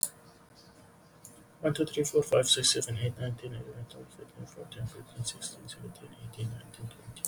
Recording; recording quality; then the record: counting at a fast pace; excellent, no background noise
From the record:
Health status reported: exposed to COVID-19, no respiratory illness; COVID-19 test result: negative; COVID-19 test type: rapid antigen test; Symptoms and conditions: cough, breathing difficulty, diarrhoea, another respiratory illness, another condition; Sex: male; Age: 27 years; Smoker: no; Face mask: worn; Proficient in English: yes